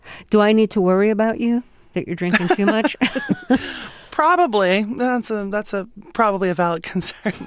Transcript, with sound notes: Do I need to worry about you, that you're drinking too much?
(LAUGHTER)
Probably. That's probably a valid concern.